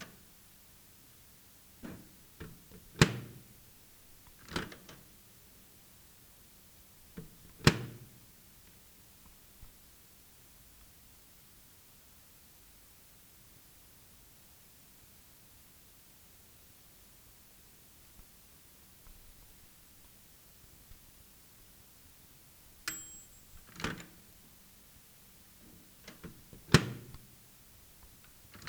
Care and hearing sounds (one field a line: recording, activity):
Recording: daily activity, guitar pickup as the sensor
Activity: use microwave